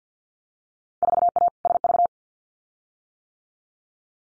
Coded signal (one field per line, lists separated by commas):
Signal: Morse code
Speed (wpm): 50 wpm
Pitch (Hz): 700 Hz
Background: none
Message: 4A SV